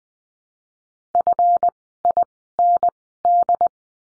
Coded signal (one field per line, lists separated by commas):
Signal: Morse code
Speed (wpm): 20 wpm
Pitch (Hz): 700 Hz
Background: none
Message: FIND